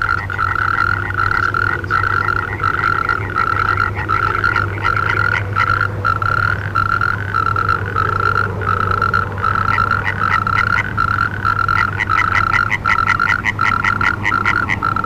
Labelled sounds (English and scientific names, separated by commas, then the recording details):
Natterjack Toad (Bufo calamita) call
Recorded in the wild
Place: Schweinsberg, DE
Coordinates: 50.765, 8.9675
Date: 1964-04-21 20:15
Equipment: Uher Report 4000, AKG D190
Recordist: Krey, Winfried